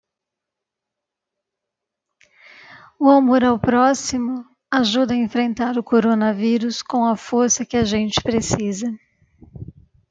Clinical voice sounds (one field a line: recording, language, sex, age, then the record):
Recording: spoken sentence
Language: Brazilian Portuguese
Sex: female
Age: 50 to 59 years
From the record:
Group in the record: control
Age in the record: 52 years